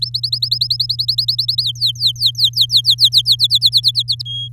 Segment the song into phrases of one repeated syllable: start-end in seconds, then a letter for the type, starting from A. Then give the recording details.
0.02-1.63 A, 1.64-3.36 B, 3.39-4.22 C, 4.25-4.48 D. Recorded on 7 May 2018 at 16:57. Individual llb16